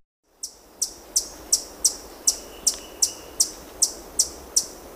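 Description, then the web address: Brown Inca calling with high, thin chip notes repeated evenly about every 0.4 seconds, a faint steady tone in the background. Recorded in Ecuador. "Natures Songs S America Birds of Ecuador Brown Inca"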